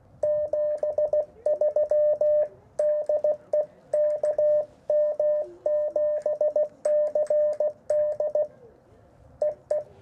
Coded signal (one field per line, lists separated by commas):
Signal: Morse code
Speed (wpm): 16 wpm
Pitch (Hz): 600 Hz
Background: radio noise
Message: 73 DE KM7CD EE